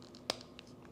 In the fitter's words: until you hear that click and give it a wiggle to make sure it's secure.